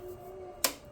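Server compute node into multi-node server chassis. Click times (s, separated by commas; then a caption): 0.6 s. A server compute node is slid back into its multi-node server chassis and seats with a single sharp click at 0.6 s. Before the click, only a faint steady hum is heard. The click confirms that the node is in.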